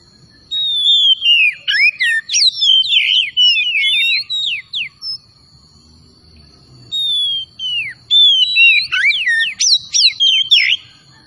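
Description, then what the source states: Oriental magpie-robin song in two energetic bouts of quick slurred whistles and sharp downward notes, separated by a quiet gap, with a constant thin whine. Kacer from Tretes, singing vigorously in gacor style.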